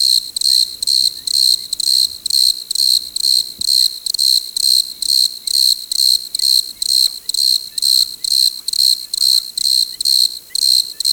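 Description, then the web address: Chorus of desert crickets: piercing, even pulses repeating about twice a second. "Dr Sound Effects. Chorus of Desert Crickets"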